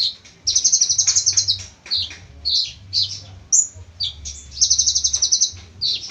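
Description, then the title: Small bird singing high, varied chirps with two quick rattling trills of repeated notes. "Burung Kecil"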